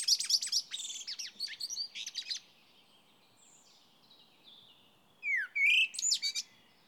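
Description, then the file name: Common blackbird phrase of a slurred whistle and a sharp twitter near the end, after a stretch of high chattering, over a steady low rushing background noise. "Turdus merula"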